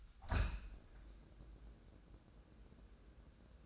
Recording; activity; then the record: daily activity, microphone in the room; open window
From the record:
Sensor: 2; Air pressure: 1012.1 hPa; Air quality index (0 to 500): 111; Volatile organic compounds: 1 ppm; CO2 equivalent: 833 ppm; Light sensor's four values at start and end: 111/266/110/109 and 112/267/110/110